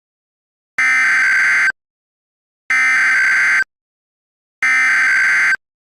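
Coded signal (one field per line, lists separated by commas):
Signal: Emergency Alert System (SAME) tones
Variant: header bursts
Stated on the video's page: Fictional EAS scenario.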